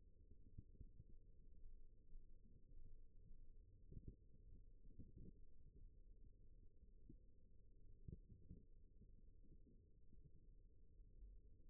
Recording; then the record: forearm muscle sounds (acoustic myography)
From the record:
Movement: rest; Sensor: system 1, eight BSWA MPA416 microphones around the upper forearm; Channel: 7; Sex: female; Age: 21 years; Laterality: right